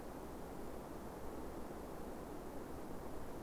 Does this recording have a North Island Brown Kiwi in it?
no